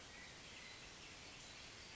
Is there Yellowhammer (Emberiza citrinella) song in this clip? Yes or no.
no